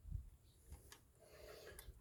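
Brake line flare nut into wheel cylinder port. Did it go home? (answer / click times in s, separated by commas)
no / none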